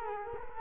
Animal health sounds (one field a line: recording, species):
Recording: mosquito wingbeat signal from an infrared sensor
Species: Culex quinquefasciatus